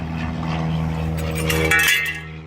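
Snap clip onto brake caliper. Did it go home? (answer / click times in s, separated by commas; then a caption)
yes / 1.7 s. An upper metal snap clip is pushed onto a brake caliper just above the rotor over a steady low hum. A sharp metallic snap at 1.7 s marks the clip seating and hooking on.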